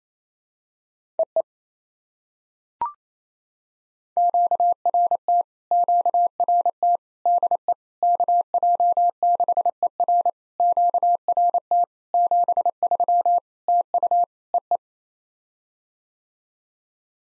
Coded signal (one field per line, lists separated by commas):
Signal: Morse code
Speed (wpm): 28 wpm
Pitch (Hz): 700 Hz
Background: none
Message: EE QRT QRT DE KJ6ER QRT 73 TU EE